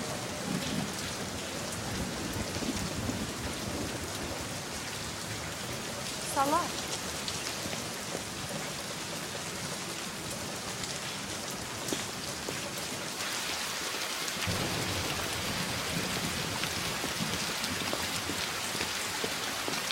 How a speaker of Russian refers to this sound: Пошел сильный ливень, и все ушли.